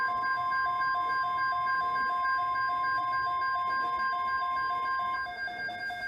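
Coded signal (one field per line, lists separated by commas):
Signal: Emergency Alert System (SAME) tones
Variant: 1050 Hz attention tone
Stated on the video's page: Weekly test and severe thunderstorm alerts received on NOAA weather radio station KEC58.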